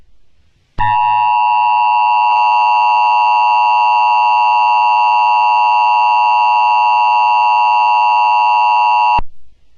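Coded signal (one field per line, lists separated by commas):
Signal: Emergency Alert System (SAME) tones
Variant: 853 and 960 Hz attention tone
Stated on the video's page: Fictional EAS scenario reconstruction, not real government broadcasts.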